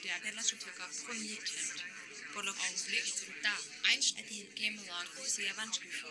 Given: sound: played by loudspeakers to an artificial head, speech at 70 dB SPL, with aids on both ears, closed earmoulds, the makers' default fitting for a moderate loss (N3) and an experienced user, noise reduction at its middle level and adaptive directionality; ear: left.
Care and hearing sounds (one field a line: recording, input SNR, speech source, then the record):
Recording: speech test signal (ISTS) in cocktail-party noise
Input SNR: -3 dB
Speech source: in front (0 degrees)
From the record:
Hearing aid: class 1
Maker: J